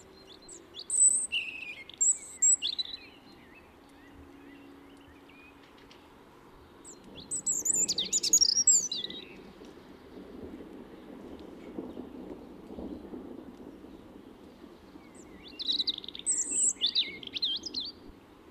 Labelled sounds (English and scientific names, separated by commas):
European Robin (Erithacus rubecula) song